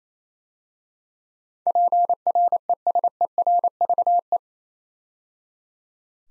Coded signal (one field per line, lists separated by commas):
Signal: Morse code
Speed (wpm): 27 wpm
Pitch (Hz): 700 Hz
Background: none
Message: PRESERVE